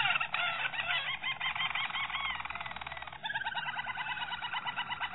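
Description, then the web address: Canary (Harz Roller): canary song in dense rolling trills and gurgled tours, changing abruptly to a steadier fast pulsed roll after about three seconds. Harz Roller canary breed. "~joaopt canarios racas canto harzerv"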